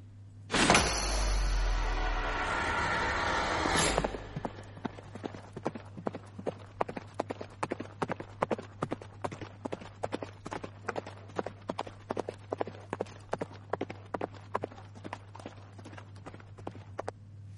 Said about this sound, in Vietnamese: Sau khi ra khỏi Tây Môn, hắn lập tức giật dây cương thúc ngựa. Hắc công tử ngẩng đầu vung đuôi, phi như bay.